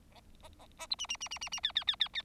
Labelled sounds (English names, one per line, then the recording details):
Bengalese Finch song
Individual Bird4